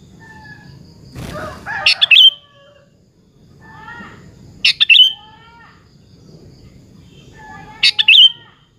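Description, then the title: Sooty-headed bulbul song: short, bright, bubbly phrases about every three seconds, with faint lower chirps between them and a low rumbling background. "Kutilang"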